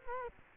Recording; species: mosquito wingbeat signal from an infrared sensor; Culex quinquefasciatus